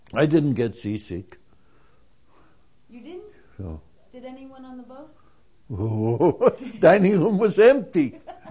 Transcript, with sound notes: I didn't get seasick.
You didn't?
No.
Did anyone on the boat?
(He laughs.) The dining room was empty.